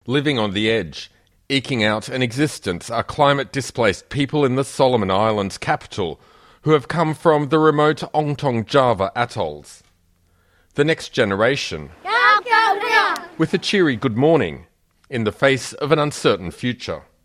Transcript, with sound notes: Living on the edge, eking out an existence are climate displaced people in the Solomon Islands capital who have come from the remote Ontong Java atolls. The next generation… (Sound effect: KIDS YELLING) ..with a cheery “good morning”, in the face of an uncertain future.